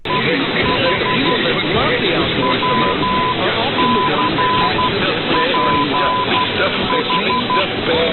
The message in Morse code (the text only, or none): EH WCPH